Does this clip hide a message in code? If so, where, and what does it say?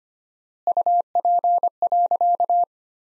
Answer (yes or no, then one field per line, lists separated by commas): yes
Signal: Morse code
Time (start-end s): 0.7-2.6 s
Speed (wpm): 25 wpm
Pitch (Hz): 700 Hz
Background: none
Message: UP.